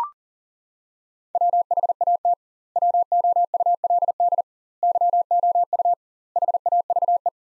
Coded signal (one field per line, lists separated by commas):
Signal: Morse code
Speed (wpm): 37 wpm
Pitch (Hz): 700 Hz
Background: none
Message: WHAT WOULD YOU HAVE